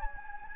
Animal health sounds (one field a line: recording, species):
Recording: mosquito wingbeat signal from an infrared sensor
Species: Anopheles gambiae